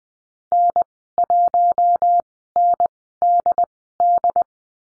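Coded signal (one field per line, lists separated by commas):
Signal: Morse code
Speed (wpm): 21 wpm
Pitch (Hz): 700 Hz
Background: none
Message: N1NDD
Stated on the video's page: Morse lesson on the letter D in call signs, Farnsworth spacing 20/10 wpm.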